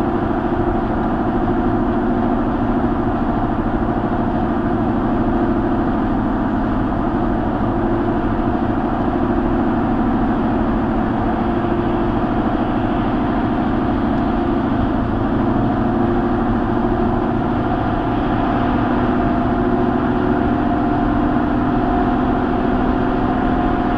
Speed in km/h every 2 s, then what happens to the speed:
118, 118, 116, 114, 114, 118, 118, 118, 118, 122, 124, 126.
0-8 steady at about 116. 8-24 speeds up to 126.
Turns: none.